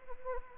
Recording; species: mosquito wingbeat signal from an infrared sensor; Anopheles arabiensis